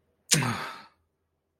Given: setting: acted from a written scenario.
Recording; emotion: vocal sound without words; guilt